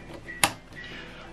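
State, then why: Seated. A plastic PGBK (pigment black) ink cartridge is pressed down into its slot in the carriage of a Canon PIXMA TS9155 printer. A single sharp click is heard at 0.4 s, with quiet background before and after. The cartridge snaps home and is seated.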